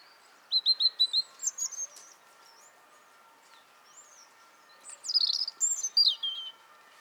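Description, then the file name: European robin singing two high, thin warbled phrases, the first opening with four quick repeated notes, separated by a few seconds of quiet; a faint steady hum underneath. "Erithacus rubecula"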